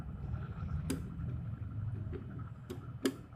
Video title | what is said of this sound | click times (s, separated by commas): Royal Enfield 4 speed gear box with neutral switch assembly (English) | vertically we will hear some click sound now | 0.9 s, 3.1 s